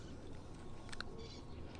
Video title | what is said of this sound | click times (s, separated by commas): The Hook Up Tackle Unboxing - Shimano Metanium DC! | kind of went back right along nice and easy you can hear it click and then we'll close it and then | 0.9 s, 1.0 s